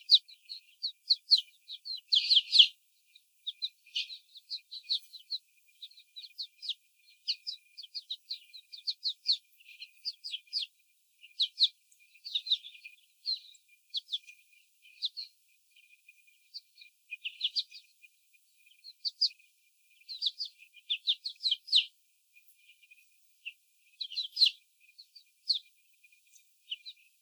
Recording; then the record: young laying hens in a cage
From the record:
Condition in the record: before the stressor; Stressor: sudden umbrella opening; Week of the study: 3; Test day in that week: 2